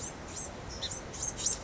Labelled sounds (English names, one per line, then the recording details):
House Finch
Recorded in Sonoma County, California